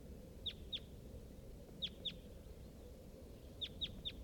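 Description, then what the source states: Crossbill calling, crisp high chips given in pairs and a quick triplet against a low rumbling background. Wild crossbill recorded at close range near the lower net site on the top of the hill, calling.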